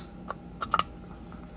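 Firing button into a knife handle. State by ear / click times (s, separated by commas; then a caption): seated / 0.7 s. During reassembly of a Protech Mordax automatic knife with a Magnacut blade, the firing button is pressed down and pushed over into the handle. A few small clicks are heard around 0.3 s and 0.6 s, then the button pops into place with a sharp click at 0.7 s, followed by another click at 0.8 s. The button is seated in the handle.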